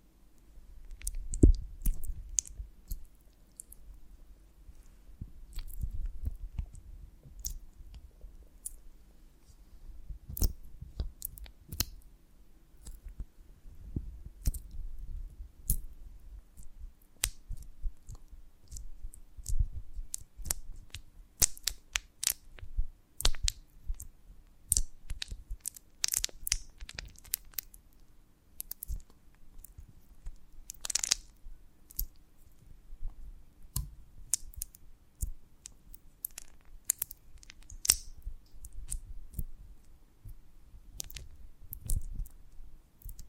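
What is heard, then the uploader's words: Honeycomb on a branch being handled, producing a dense run of crisp, irregular clicks and crackles throughout. Sharp taps come in quick clusters with soft low thumps underneath, and a faint steady hum sits low in the background. ASMR of a Honeycomb on Branch (No Talking).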